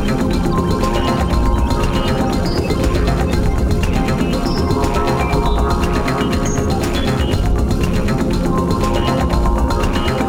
Pericardial friction rub. When inflamed pericardial surfaces rub together, they produce characteristic high-pitched friction noises called rubs.